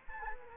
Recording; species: mosquito wingbeat signal from an infrared sensor; Anopheles gambiae